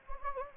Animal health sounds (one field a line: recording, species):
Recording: mosquito wingbeat signal from an infrared sensor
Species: Anopheles gambiae